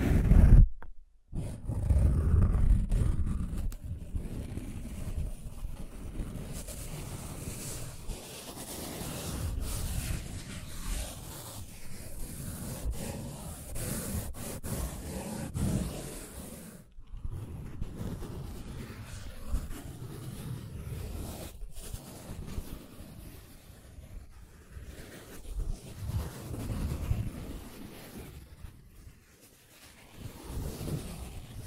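Scratching and tracing sounds run through the whole clip, a rough, continuous rubbing with a low rumble underneath. The strokes swell and fade unevenly, with brief silent breaks near the start and around 17 and 21 seconds, and a louder burst at the very beginning.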